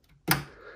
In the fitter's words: you'll know it's installed when you hear a click like that so we have one memory module installed